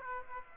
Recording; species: mosquito wingbeat signal from an infrared sensor; Aedes aegypti